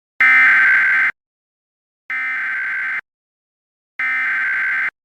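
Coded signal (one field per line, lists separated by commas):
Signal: Emergency Alert System (SAME) tones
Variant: header bursts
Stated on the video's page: Mock administrative message alert, not a real broadcast.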